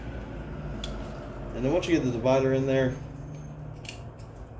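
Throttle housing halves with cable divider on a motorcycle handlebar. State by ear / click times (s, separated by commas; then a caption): not seated / none. The two plastic halves of a Honda dirt bike throttle housing, with the cable divider placed, are handled on the handlebar while someone talks, with brief sharp handling ticks at about 0.8 s and 3.9 s. Nothing has seated or snapped shut yet.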